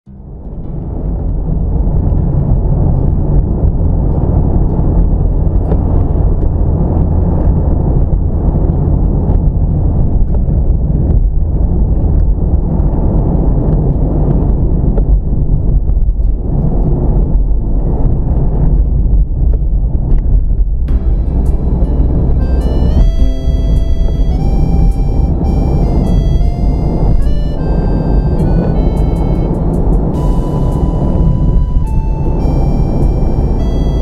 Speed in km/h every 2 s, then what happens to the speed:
60, 60, 60, 60, 60, 58, 58, 47, 42, 42, 44, 48, 48, 50, 50, 50, 44.
0-12 steady at about 60. 12-16 brakes to 42. 19-22 speeds up to 48. 22-30 steady at about 50. 30-34 slows to 44.